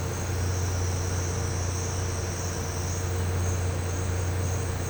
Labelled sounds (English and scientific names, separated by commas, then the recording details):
none
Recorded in pastures near Puerto Asís, Putumayo, Colombia, on 13 March 2025 at 11:00
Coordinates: 0.466, -76.322
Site CSA-02